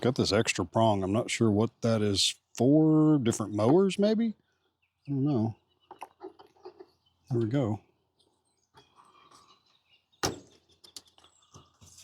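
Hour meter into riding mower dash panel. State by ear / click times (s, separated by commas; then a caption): not seated / none. Someone talks while handling an OEM Toro hour meter at its opening in the plastic dash panel of a Toro TimeCutter Max riding mower, with small taps and rustles between the words. The hour meter has not snapped or seated into the dash yet.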